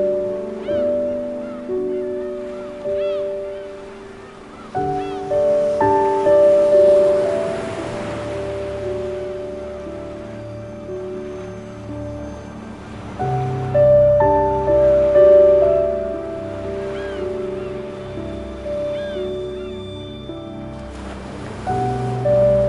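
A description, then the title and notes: Soft, sustained music with gently held tones in the low and middle range, shifting chords about every four to eight seconds. Behind it, a hiss of ocean waves swells and recedes, peaking roughly every eight seconds near 7, 15 and 22 seconds. 夏天的海洋| Healing Music-Ocean in Summer. 這首舒緩音樂結合海邊的聲音. This track combines with soft music and ocean waves.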